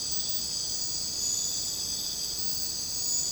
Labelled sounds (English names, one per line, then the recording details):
none
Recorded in secondary vegetation near Puerto Asís, Putumayo, Colombia, on 26 December 2024 at 02:00
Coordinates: 0.499, -76.323
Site G010